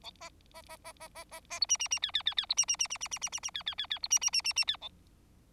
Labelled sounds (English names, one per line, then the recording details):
Bengalese Finch song
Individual Bird4